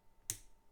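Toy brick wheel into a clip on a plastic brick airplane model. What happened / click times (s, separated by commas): The plastic wheel snapped into its clip / 0.3 s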